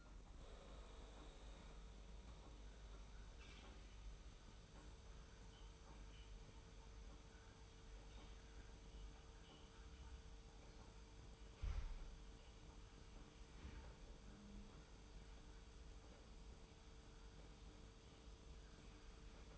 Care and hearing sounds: daily activity, microphone in the room; make coffee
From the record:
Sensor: 1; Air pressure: 991.7 hPa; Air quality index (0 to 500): 168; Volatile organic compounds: 1000 ppm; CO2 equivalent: 6344 ppm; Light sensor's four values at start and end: 32/108/42/43 and 32/108/42/43

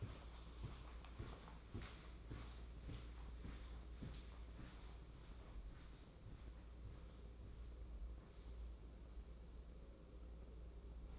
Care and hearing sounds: daily activity, microphone in the room; walk to room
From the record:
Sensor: 1

